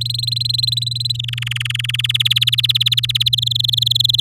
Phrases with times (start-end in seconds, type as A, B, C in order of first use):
0.01-1.17 A, 1.19-2.01 B, 2.04-3.29 C, 3.33-4.20 D